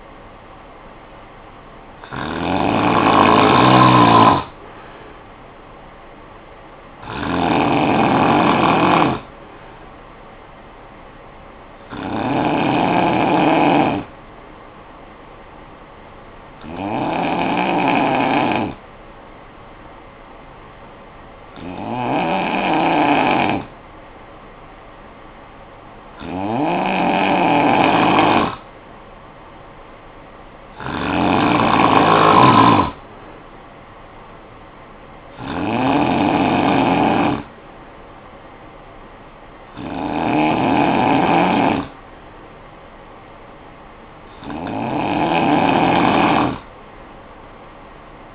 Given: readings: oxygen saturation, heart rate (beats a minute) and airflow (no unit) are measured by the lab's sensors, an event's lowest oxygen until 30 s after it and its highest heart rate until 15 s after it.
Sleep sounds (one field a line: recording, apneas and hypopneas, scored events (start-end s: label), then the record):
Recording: breathing in sleep by a voice recorder at the bedside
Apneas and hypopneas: 1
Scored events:
14.00-28.80 s: hypopnea (N2, oxygen 94% highest, then 91% lowest, heart rate 52 at the start, 59 highest)
From the record:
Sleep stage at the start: N2 (light sleep)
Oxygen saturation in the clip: 91 to 94%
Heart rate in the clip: 52 to 65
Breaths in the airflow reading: 10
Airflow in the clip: -12.1 to 5.9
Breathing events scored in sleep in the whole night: 445 in 7.6 hours asleep